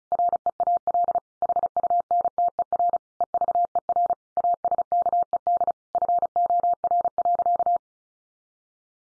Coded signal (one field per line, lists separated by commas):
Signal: Morse code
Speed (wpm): 34 wpm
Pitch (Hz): 700 Hz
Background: none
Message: REAL HUNTER EVER ASKED FOR.